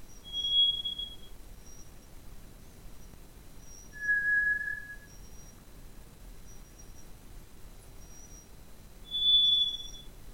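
White's thrush song of three long, pure whistles, high, then lower, then high again, separated by several seconds; faint high background tones.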